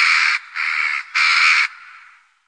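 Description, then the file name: Jackdaw harsh calls: three loud, raspy squawks in quick succession, each about half a second long or a little less, with a short gap between them, then fading quiet. "Kaja"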